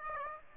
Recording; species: mosquito wingbeat signal from an infrared sensor; Aedes aegypti